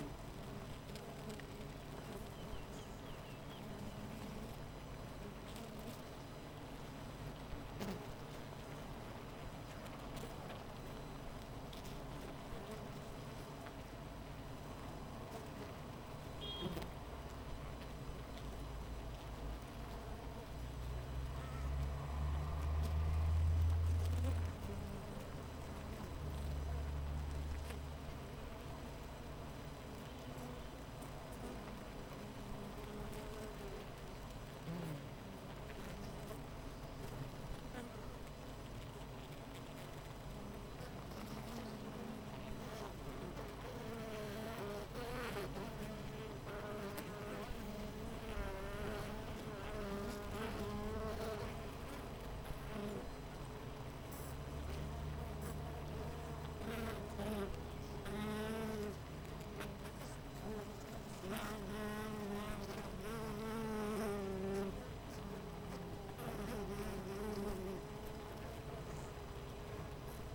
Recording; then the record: honeybee colony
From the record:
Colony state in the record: missing queen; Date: 14 July 2017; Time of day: 7:51